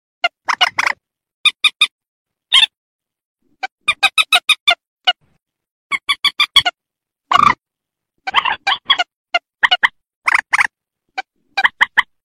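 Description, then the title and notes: Rail making clipped, nasal squawks in quick bursts of several notes with gaps between groups. "Kicau Burung Mandar"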